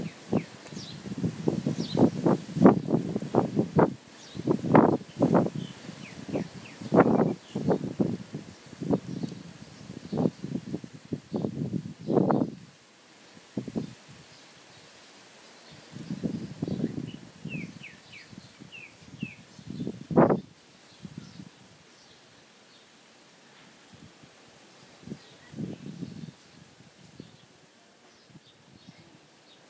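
Nature in a small town: bursts of low rustling and crunching come in quick clusters through the first twelve seconds, then return more sparsely around 16 and 20 seconds. Thin, high bird chirps sound faintly throughout, over a quiet, steady hiss.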